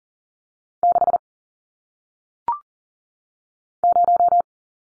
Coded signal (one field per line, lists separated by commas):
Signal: Morse code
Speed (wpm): 40 wpm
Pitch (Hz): 700 Hz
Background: none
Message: 6 0